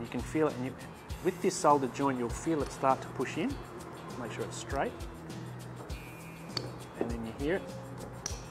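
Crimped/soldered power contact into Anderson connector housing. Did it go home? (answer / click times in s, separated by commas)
yes / 8.3 s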